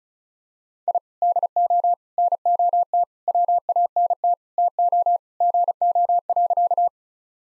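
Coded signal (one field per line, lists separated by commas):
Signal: Morse code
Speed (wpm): 36 wpm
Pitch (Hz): 700 Hz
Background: none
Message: I DO NOT WANT TO GO.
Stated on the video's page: Morse code practice sentences of common four-word phrases sent at 35 wpm, for head-copy training.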